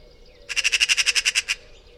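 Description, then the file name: Eurasian magpie giving a rasping chatter, roughly a dozen quick grating notes in a steady burst of about one second, then quiet. "Pica pica"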